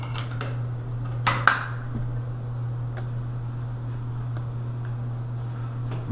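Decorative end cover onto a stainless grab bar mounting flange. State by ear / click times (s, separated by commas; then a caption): seated / 1.5 s. A metal decorative end cover is pushed over the mounting flange of a stainless grab bar so it covers the screws, with a steady low hum underneath and a few light clinks. A sharp, loud snap at 1.5 s marks the cover seating in place, followed by faint ticks.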